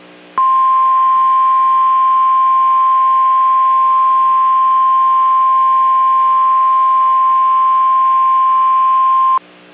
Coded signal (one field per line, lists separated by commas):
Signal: Emergency Alert System (SAME) tones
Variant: 1050 Hz attention tone